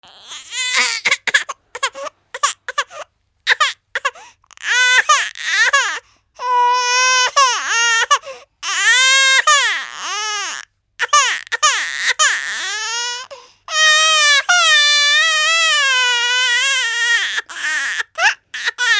Real baby cry.